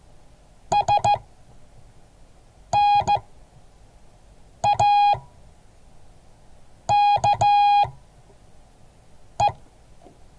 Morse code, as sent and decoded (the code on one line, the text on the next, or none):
... -. .- -.- .
SNAKE